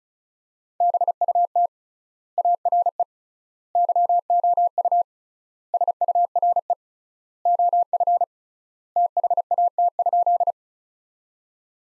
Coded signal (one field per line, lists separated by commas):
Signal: Morse code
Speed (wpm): 36 wpm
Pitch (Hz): 700 Hz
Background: none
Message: BUT ARE YOU SURE OF THAT?